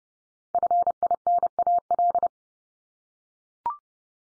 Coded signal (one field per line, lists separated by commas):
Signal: Morse code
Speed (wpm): 30 wpm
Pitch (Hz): 700 Hz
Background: none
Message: FINAL